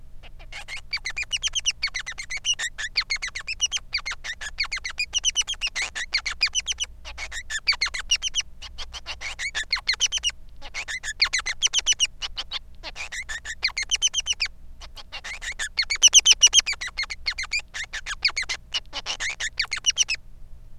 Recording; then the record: song of a male Bengalese finch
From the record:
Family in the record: son of father 3